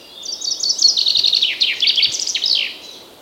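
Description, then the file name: Common chaffinch sings one cheerful descending phrase: quick repeated chips, a tumbling trill, then a crisp terminal flourish, lasting roughly two and a half seconds. "Fringilla coelebs"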